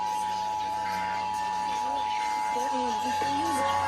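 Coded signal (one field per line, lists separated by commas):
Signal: Emergency Alert System (SAME) tones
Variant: 853 and 960 Hz attention tone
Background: speech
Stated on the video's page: Required Monthly Test for a statewide earthquake drill, received via NOAA Weather Radio on 162.425 and 162.550 MHz, then FM, HD radio and TV stations.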